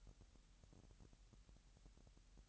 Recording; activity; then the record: daily activity, microphone in the room; take from stove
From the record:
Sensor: 3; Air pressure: 1002.0 hPa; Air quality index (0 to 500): 249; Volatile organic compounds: 52 ppm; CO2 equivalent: 3316 ppm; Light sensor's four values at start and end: 6/15/6/6 and 6/15/6/6